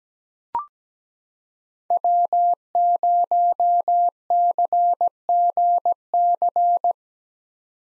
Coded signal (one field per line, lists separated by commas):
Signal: Morse code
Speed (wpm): 17 wpm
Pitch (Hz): 700 Hz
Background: none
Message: W0CGC